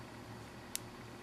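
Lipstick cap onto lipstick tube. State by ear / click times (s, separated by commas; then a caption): seated / 0.8 s. A lipstick cap is pressed onto a twist-cap lipstick tube in the shade Crocodile Tears. Over a steady low background hiss, one faint, sharp click sounds at 0.8 s as the cap clicks closed. The cap is seated, closed all the way.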